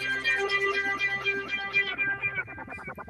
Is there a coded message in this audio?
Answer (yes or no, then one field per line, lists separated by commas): no